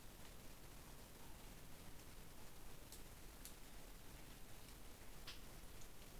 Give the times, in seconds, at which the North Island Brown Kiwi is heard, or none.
none